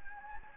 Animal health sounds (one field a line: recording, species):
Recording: mosquito wingbeat signal from an infrared sensor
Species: Anopheles gambiae